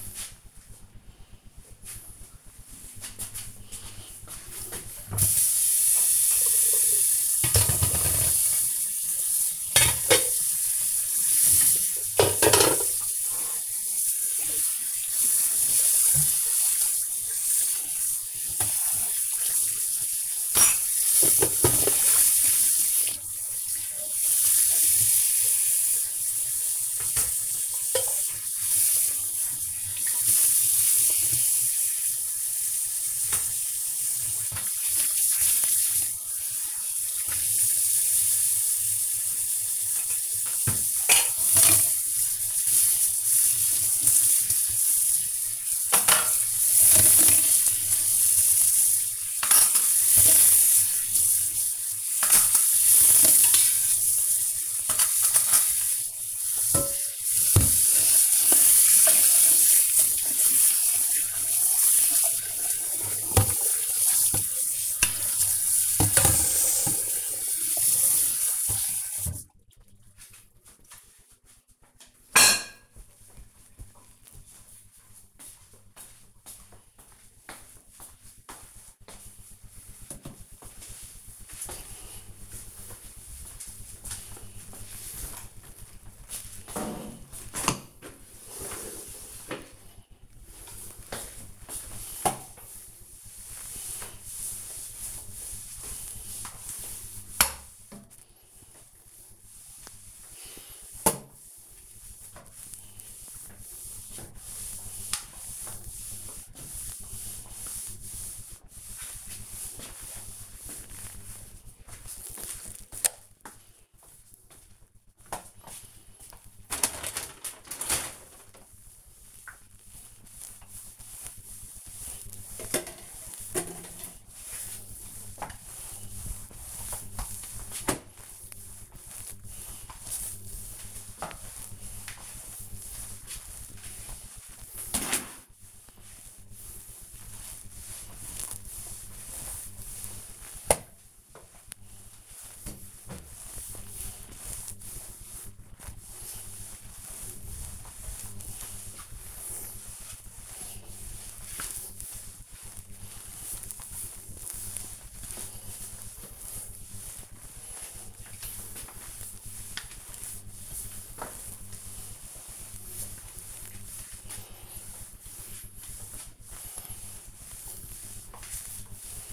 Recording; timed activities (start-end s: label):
household activities, microphone on the right wrist
4.49-68.93 s: washing dishes
85.04-169.33 s: floor cleaning